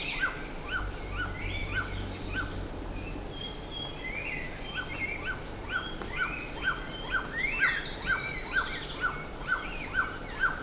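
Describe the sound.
Bird calls: short downslurred notes repeated about twice a second, with higher chirps and trills from other birds and a low rumble in the first half.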